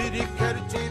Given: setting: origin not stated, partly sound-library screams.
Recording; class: one-second piece from a danger detection set; normal situation